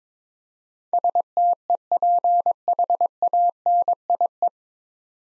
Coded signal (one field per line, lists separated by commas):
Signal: Morse code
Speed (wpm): 21 wpm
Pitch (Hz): 700 Hz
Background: none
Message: STEPHANIE